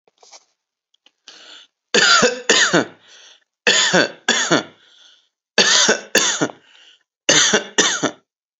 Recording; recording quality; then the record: heavy voluntary cough; excellent, no background noise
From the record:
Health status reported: healthy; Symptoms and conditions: none ticked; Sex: male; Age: 23 years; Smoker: not ticked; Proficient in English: yes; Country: India